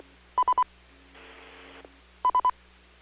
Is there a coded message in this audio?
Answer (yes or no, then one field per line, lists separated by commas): no